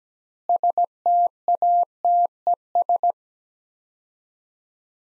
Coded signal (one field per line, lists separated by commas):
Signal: Morse code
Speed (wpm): 17 wpm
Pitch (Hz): 700 Hz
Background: none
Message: STATES